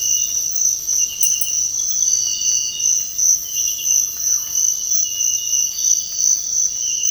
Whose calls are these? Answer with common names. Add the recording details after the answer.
Russet-backed Oropendola. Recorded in dense forest near Puerto Asís, Putumayo, Colombia, on 19 February 2024 at 06:00. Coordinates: 0.485, -76.325. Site G6429